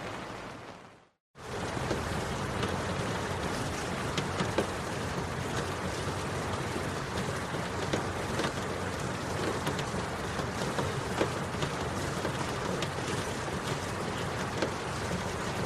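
Steady rain falls as a dense, even hiss with scattered brighter taps and drips throughout. After a brief moment of near silence just past the first second, the sound resumes and holds at a constant level, with a low rumble underneath.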